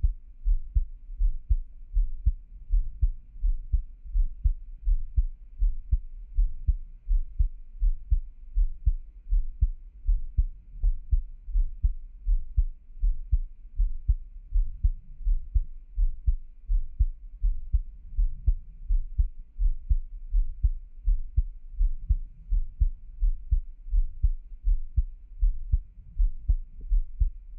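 An adult's heartbeat heard up close: steady, regular low thumps at about 80 beats a minute, each beat a soft paired lub-dub. There is a faint low hum underneath, with no other sounds.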